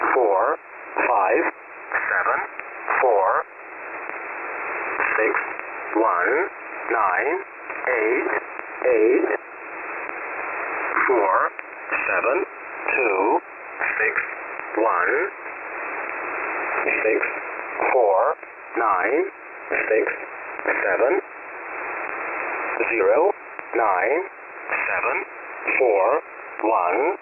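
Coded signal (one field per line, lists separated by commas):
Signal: numbers station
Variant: E07 English Man, English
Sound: male voice reading English digits in groups, evenly spaced, through noisy shortwave audio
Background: radio static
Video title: 04 12 2022 Numbers station E07 English Man in English to Eu in USB 0830 on 11526 Moscow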